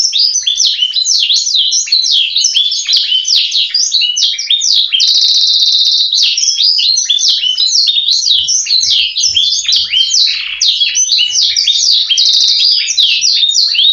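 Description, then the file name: Canary singing nonstop, a busy high-pitched warble of quick chirps, slurred notes and trills, including a sustained buzzy trill around the five-second point. Canary song with 'blacksang' fill-in phrases. "audio kenari isian blacksang omkicau"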